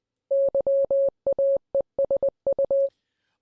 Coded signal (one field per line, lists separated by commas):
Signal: Morse code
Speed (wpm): 20 wpm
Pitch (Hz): 550 Hz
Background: none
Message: YAESU